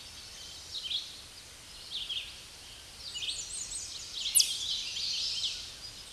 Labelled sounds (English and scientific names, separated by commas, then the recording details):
American Redstart (Setophaga ruticilla) song
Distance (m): 50 m
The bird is about 15 m above the microphone
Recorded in a Pennsylvania forest on 16 May 2024 at 06:56
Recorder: AudioMoth, point MSD-2110
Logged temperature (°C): 16.4 °C
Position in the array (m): 49 m, 223 m